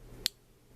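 A small plastic Transformers Robots in Disguise Wave 2 Minicon figure is pulled open by its front paws from its compact mode. A single sharp, short click at 0.3 s marks the front paw latch releasing, followed by a quiet background.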